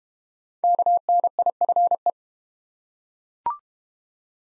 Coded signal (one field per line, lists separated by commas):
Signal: Morse code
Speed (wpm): 31 wpm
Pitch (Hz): 700 Hz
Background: none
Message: KNIFE